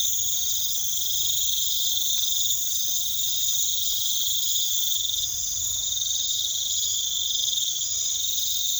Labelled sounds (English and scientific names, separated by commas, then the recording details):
none
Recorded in pastures near Puerto Asís, Putumayo, Colombia, on 8 March 2025 at 00:30
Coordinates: 0.487, -76.322
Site G077